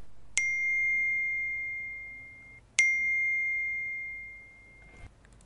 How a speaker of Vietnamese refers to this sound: Nhạc chuông tin nhắn của điện thoại lần thứ hai vang lên. Lương Đông vội vàng tìm điện thoại.